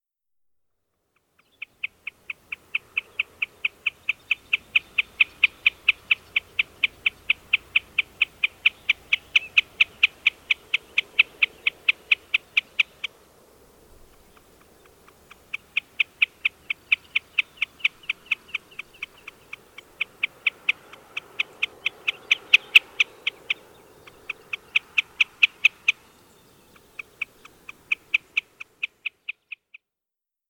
Wilson's Snipe call recorded in Moraine Park in Rocky Mountain National Park.